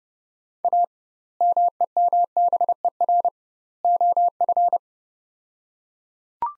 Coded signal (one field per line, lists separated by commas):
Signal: Morse code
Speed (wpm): 32 wpm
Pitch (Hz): 700 Hz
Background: none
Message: A MEMBER OF